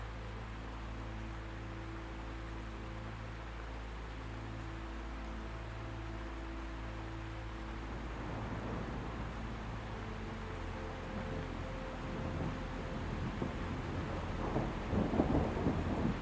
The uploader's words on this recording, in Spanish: Descubre el poder relajante del trueno, mezclado con la dulzura de melodías relajantes.